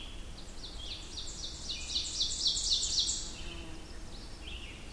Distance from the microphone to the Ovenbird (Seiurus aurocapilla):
about 25 m